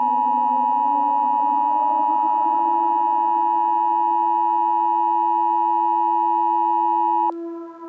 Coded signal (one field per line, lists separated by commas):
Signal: Emergency Alert System (SAME) tones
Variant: 853 and 960 Hz attention tone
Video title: stupid cat eas scenario the zach nolan incident eas scenario merowing